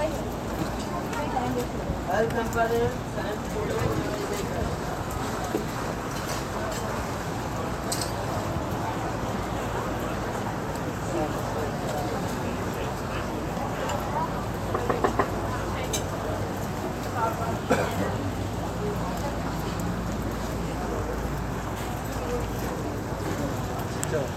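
A walk beside the Grand Canal in Venice: a steady, dense wash of crowd chatter and footsteps, with a low engine rumble from passing boats underneath. Sharper clinks and knocks stand out near 8, 15 and 17 seconds.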